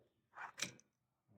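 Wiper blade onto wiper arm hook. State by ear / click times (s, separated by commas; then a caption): seated / 0.6 s. A new wiper blade's adapter is pushed into the hook of the wiper arm on a Honda Civic FD. A brief scraping rustle leads into a sharp click at 0.6 s, followed by a faint tick at 0.8 s. The blade locks in place on the arm.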